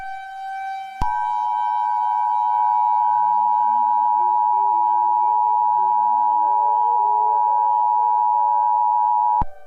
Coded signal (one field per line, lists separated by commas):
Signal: Emergency Alert System (SAME) tones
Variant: 853 and 960 Hz attention tone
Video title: EAS Scenario- Fire Weather Outbreak